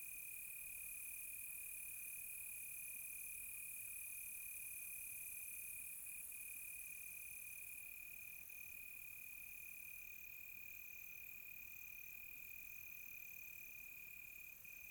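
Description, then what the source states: Steady high cricket trill runs throughout, layered with a fizzing, shimmering chorus of higher-pitched insects that changes texture midway. Crickets recorded close by on a quiet tropical night.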